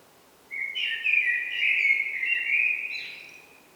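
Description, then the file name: Eurasian blackbird song: a sustained flowing warble of mellow, fluted notes lasting about three seconds, ending with a brief higher squeak. "Turdus merula"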